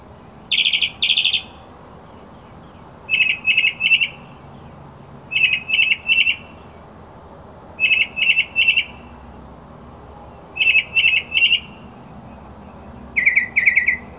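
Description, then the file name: Mockingbird song of short, fast bursts of two or three buzzy high notes, repeated about every two and a half seconds. Mockingbird song presented as masteran, a tutor recording for training songbirds. "suara masteran mockingbird"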